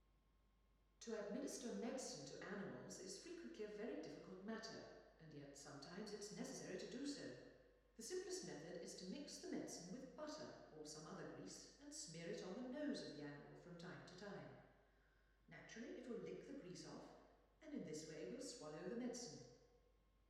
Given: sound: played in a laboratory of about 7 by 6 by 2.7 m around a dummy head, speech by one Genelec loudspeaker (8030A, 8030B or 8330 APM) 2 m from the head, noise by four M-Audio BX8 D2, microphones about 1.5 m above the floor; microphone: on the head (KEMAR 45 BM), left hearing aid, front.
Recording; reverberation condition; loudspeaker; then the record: female speech in English; high; in front (0 degrees)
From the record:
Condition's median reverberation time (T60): about 1300 ms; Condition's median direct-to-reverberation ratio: about -4.0 dB